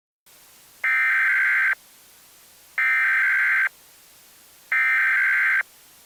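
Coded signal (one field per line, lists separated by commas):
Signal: Emergency Alert System (SAME) tones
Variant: header bursts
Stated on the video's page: Fictional EAS scenario.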